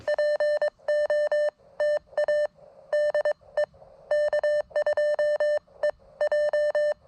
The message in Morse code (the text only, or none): POTA DE K2EJ